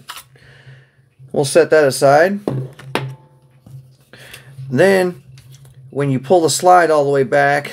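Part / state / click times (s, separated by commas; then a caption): pistol magazine coming out of the magazine well / released / 0.1 s. A magazine is released from the pistol grip of a Canik TP9SF Elite by pressing the magazine release button behind the trigger, and the magazine drops out of the magazine well. A sharp click sounds at 0.1 s. Someone talks through most of the clip.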